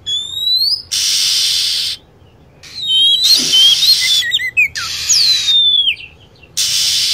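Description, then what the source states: Lovebird calls: shrill, squeaky chirps that sweep up and down in short bursts, alternating with steady blocks of loud hissing noise about a second long. Lure sound for attracting birds.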